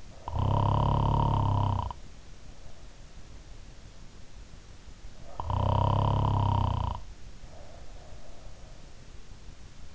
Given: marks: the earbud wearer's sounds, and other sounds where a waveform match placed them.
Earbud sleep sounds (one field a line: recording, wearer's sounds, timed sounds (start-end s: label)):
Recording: sounds in sleep by an in-ear microphone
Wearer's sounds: snoring breath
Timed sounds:
0.00-2.11 s: snoring breath
5.09-8.57 s: snoring breath